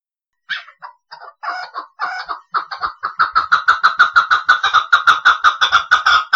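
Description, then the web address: Chukar partridge starting with a few spaced clucks that speed up into a loud, regular series of harsh chuck notes, about four per second. "aswat Hajal Jabali"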